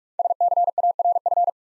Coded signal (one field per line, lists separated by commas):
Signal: Morse code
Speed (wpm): 45 wpm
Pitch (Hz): 700 Hz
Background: none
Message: SCARF